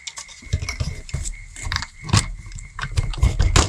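A plastic stock attachment cap is handled and fitted toward a foam blaster's shell during a rebuild with a replacement spring. Light rustling and plastic knocks are heard, with sharper taps near 0.7, 1.8, 2.8 and 3.6 seconds. The cap has not yet seated or clicked into place.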